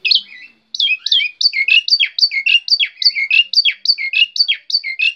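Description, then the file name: Black-winged myna song: a fast run of sharp, slurred whistled notes, repeated about three times a second, high-pitched and steady throughout. Singing described as gacor. "suara jalak putih gacor"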